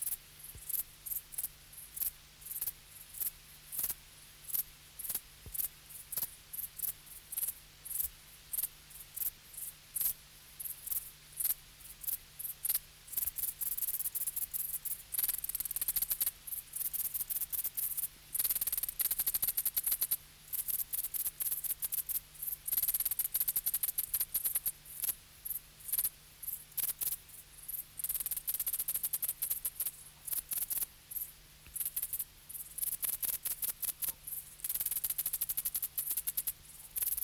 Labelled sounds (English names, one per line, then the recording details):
Dark Bush-cricket stridulation
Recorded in the wild
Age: imago
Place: Treuchtlingen, Heumöderntal, Bayern, DE
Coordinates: 48.96, 10.91
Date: 1993-08-30 20:10
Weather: bedeckt (auch Regen) 13°C
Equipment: Marantz CP 430, Sennheiser MKH 416 T, Kopie Uher Variocord 263
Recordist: Tembrock, Günter